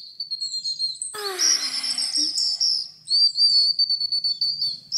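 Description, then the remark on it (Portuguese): High, bright whistling and chirping from small birds waking in the morning in a forest, with sustained tonal notes and a burst of rapid overlapping trills in the middle, fairly loud and with no voices. “Na manhã seguinte, quando os passarinhos acordaram, encontraram Branca de Neve adormecida na floresta.”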